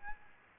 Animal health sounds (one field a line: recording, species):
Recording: mosquito wingbeat signal from an infrared sensor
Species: Aedes albopictus